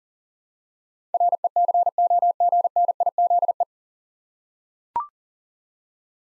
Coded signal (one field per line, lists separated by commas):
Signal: Morse code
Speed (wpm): 37 wpm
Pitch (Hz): 700 Hz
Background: none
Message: RECOGNIZE